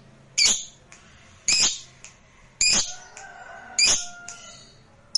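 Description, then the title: Lovebird giving harsh, high, screechy squawks, four loud bursts about one second apart, with a faint tone and quiet background between them. Meant to prompt a lazy, quiet lovebird into singing spontaneously and eagerly. "LOVEBIRD Malas Bunyi JADI GREGET SPONTAN Langsung NARIK"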